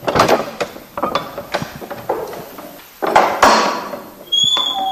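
Heavy metallic clicks and clunks of a large, newly made key turning in the original old lock of a historic church door, a series of sharp irregular knocks and scrapes, ending with a faint high metallic ring.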